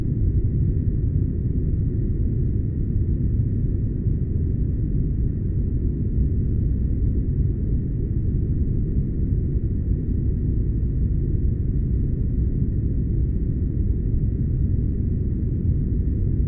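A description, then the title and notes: A shuttlecraft engine hums in a steady, deep rumble that fills the low end and never changes over the sixteen seconds. A faint thin whine sits high above the drone, constant and unwavering, with no distinct events breaking the continuous interior noise. Shuttlecraft Spaceship Sounds.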